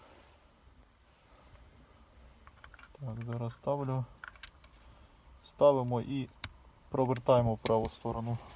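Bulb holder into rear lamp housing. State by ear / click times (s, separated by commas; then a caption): not seated / none. An R5W bulb holder on a Fiat Grande Punto is lined up at the rear light housing, ready to be inserted and turned clockwise. Someone talks while small handling clicks and taps are heard, mostly around 2.5–3.0 s and 4.4–4.6 s. Nothing has seated or clicked yet.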